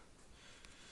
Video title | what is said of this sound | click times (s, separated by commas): Rush FPV Solo VTX, Blade FC and ESC | and now it looks like this does just snap in place and it's back | 0.7 s